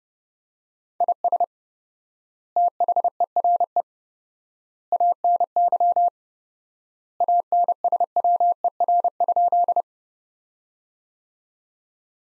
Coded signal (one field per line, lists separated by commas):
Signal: Morse code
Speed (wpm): 30 wpm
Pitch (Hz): 700 Hz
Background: none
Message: IS THERE ANY ANSWER?